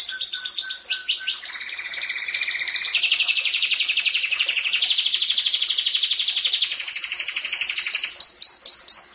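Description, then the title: Canary song: a long, varied sequence of fast trills, each tour repeated many times before switching to the next, ending in brief sharp notes. "Kenari"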